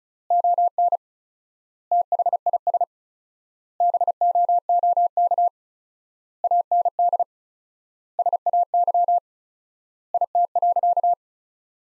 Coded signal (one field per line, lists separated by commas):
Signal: Morse code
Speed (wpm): 36 wpm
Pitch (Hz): 700 Hz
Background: none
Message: ON THIS BOOK AND SAY IT.